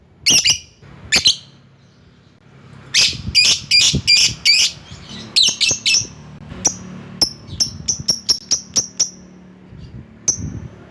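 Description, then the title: Lovebird giving sharp, high squawking chirps, first in scattered bursts then a fast run of short repeated notes toward the end. Calling a rival. "Lovebird Memanggil Lawan"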